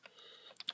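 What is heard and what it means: The second laptop memory module is lined up in its upper SO-DIMM slot and pressed down until the clips latch. A faint tap at the start gives way to two sharp clicks at 0.6 s and 0.7 s as the module seats, confirmed in place.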